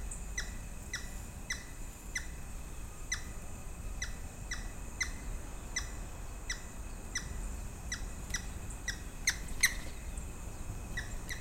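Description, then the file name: Grey-headed woodpecker calls: short, sharp downslurred notes repeated about twice a second over the whole stretch, with a steady high whine and low rumble behind. "woodpecker-grey-headed -Picus-canus"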